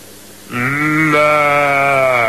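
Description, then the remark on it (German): A human voice imitates a sheep, holding one long, steady bleat that starts abruptly, jumps slightly higher in pitch midway, and stays loud and nasal to the end. “Ja, aber nun würde ich vorschlagen, schauen wir mal, ob wir ein Schaf nachmachen können.”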